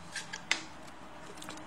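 On a folded CITYSPORTS 8.5-inch foldable electric scooter, the small stem catch on the deck is lifted from the inside, giving a sharp click at 0.5 s. A few fainter ticks come just before and near the end. The fold catch is unlocked, releasing the folded scooter.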